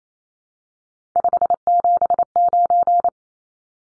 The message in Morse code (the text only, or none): 579